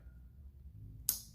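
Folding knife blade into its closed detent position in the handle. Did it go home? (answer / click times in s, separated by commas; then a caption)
yes / 1.1 s. The CPM-20CV steel blade of a Smoky Mountain Knife Works Bareknuckle folding pocket knife is closed into its handle over a quiet low hum. At 1.1 s a single sharp, bright snap sounds as the detent catches the blade and holds it shut.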